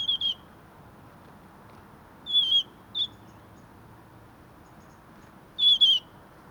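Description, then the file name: European robin producing short, high, thin whistled notes with clicks, four bursts at uneven intervals over a soft hiss. "Erithacus rubecula"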